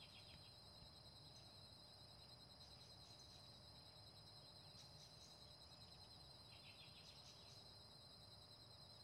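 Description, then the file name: Cicadas droning in a continuous high, steady buzz, with scattered brief chirpy clusters and a broad rumbling noise underneath. "Cigarras"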